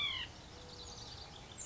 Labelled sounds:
White-breasted Nuthatch
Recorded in Sonoma County, California

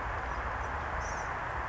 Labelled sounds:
Blue-gray Gnatcatcher
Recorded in Sonoma County, California

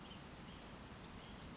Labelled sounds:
Western Flycatcher
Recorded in Sonoma County, California

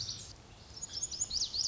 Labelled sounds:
Lazuli Bunting
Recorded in Sonoma County, California

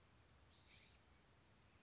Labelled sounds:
California Scrub-Jay
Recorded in Sonoma County, California

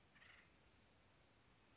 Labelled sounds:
Acorn Woodpecker
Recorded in Sonoma County, California

